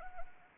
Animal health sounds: mosquito wingbeat signal from an infrared sensor; Anopheles arabiensis

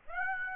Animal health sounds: mosquito wingbeat signal from an infrared sensor; Aedes aegypti

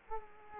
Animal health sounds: mosquito wingbeat signal from an infrared sensor; Culex quinquefasciatus

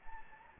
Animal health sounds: mosquito wingbeat signal from an infrared sensor; Anopheles gambiae

